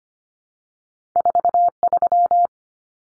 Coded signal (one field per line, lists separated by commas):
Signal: Morse code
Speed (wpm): 25 wpm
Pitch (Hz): 700 Hz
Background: none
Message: 43